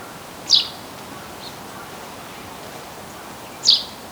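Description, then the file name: Eurasian tree sparrow making two brief, bright chirps about three seconds apart over a quiet, hissing background. "Passer montanus"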